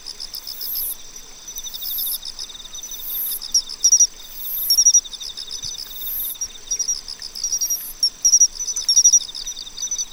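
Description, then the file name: Pine cricket: repeated brief ringing chirps, increasingly frequent toward the end, over an ongoing chorus of high trilling and pulsed buzzing insects. "Matsumushi"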